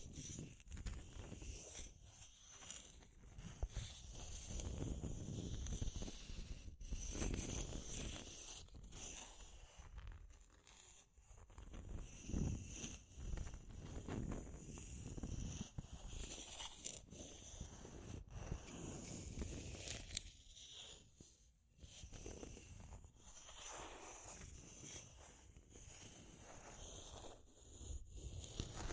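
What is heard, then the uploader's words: Deep scratching rasps on in uneven bursts, low and rough with hissy top, dropping briefly near ten and twenty seconds before resuming. Deep Scratching.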